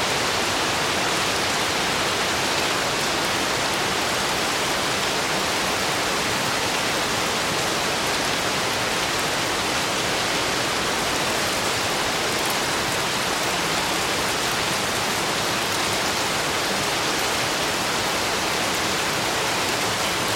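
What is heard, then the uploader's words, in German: Steady rain falls without pause, a dense, even hiss spread from low rumble up to bright fizz. The level stays constant for the whole stretch, with no distinct drops, thunder or other sounds standing out, just a continuous wash of downpour. Erfrischender Regenfall | Ein reinigender Regenschauer. Aufgenommen im Herzen der schottischen Highlands. Das stetige, rhythmische Geräusch des Regens.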